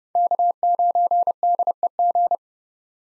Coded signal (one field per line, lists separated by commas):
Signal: Morse code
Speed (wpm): 30 wpm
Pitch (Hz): 700 Hz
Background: none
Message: K9DEG